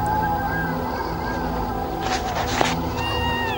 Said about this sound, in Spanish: ¿Oyen los perros?